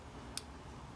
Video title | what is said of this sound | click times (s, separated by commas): REWIRING 12" LA CHOPPER BARS FOR STREETGLIDE!!! #harleydavidson #streetglide #copart | you'll hear that little snap in there. So that one snapped | 0.4 s